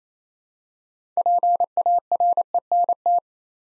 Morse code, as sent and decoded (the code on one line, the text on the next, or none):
.--. .- .-. . -. -
PARENT